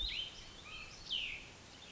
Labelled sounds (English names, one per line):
Cassin's Vireo